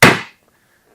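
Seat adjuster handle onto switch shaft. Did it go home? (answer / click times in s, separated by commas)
yes / 0.0 s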